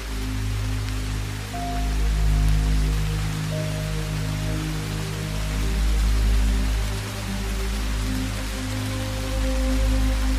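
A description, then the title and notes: Rain falls in a steady, dense hiss across the whole clip, with no pauses. Underneath, ambient music holds low sustained tones, and a few higher notes drift in and fade around the second and fourth seconds and again near the end. Rain Sounds & Ambient Music. Combination of ambient music and rain sounds.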